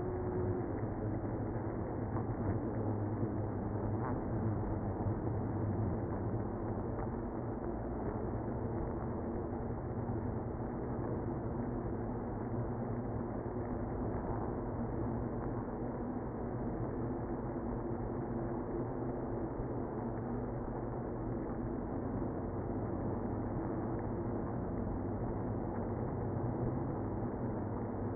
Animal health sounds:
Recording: honeybee colony, microphone inside the hive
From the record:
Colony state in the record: queenless (queen removed)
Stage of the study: after two queens were removed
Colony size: about 60,000 bees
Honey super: yes

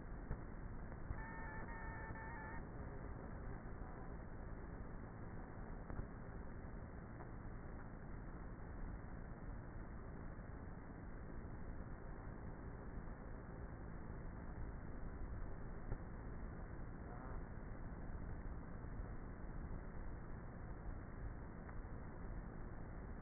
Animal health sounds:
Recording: honeybee colony, microphone inside the hive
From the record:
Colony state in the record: queenless with a low population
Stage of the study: before two queens were removed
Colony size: about 30,000 bees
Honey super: no

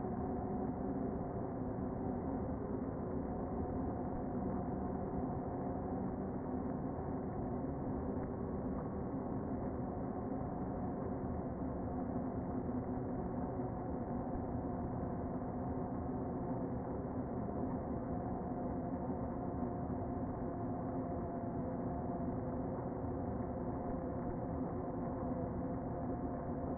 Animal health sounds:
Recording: honeybee colony, microphone inside the hive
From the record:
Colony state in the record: queen present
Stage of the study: before two queens were removed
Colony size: about 60,000 bees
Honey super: yes

